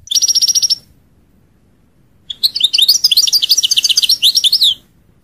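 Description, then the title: European goldfinch giving a short fast trill of repeated ringing notes, a pause of over a second, then a longer rapid run of tinkling, twittering notes. "Chant Chardonneret"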